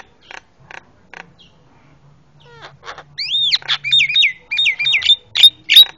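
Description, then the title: Javan myna calling with scattered clicks, then loud rising-falling whistled notes and harsh squawks repeated rapidly toward the end. Very noisy master calls used for tutoring caged birds. "Jalak Kebo Master Suara Super Berisik Buat Masteran"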